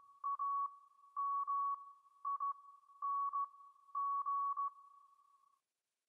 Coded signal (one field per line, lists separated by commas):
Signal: Morse code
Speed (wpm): 15 wpm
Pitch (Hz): 1120 Hz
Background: none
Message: AMING